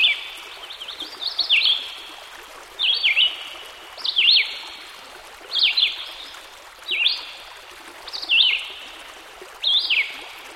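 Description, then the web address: Red-eyed Vireo song: a series of quick whistled, slurred phrases repeated at roughly regular intervals, with running stream noise throughout. By a stream. "Dan Gibson Songbirds By The Stream. Red - Eyed Vireo"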